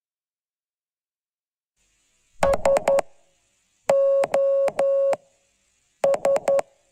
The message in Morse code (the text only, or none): SOS